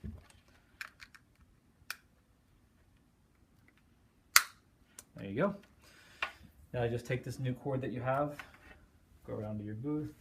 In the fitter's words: one side in and then just wait to hear that click and that means it's on there good there